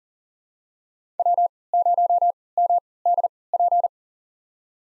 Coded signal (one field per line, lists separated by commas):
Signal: Morse code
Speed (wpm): 40 wpm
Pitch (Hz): 700 Hz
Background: none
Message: W0MDP